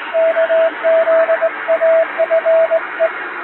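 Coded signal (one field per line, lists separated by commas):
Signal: Morse code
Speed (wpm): 19 wpm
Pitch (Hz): 650 Hz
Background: radio noise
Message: KZAFE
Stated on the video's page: Showa-era style shortwave Morse telegram practice sent with a vertical straight key, with noise and fading added, for reception training.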